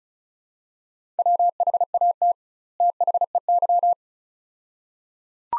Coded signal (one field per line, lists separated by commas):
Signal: Morse code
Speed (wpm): 36 wpm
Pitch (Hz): 700 Hz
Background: none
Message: WHAT THEY